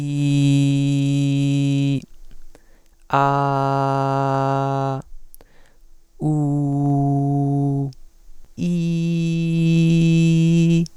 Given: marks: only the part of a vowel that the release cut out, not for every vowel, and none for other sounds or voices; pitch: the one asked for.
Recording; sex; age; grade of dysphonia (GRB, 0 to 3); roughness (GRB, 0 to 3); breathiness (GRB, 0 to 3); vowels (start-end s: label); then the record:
sustained vowels; male; 20 to 29 years; 0; 0; 0
0.00-1.83 s: vowel /i/, normal pitch
3.38-4.78 s: vowel /a/, normal pitch
6.43-7.66 s: vowel /u/, normal pitch
9.53-10.71 s: vowel /i/, high pitch
From the record:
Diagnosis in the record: healthy voice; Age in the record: 24 years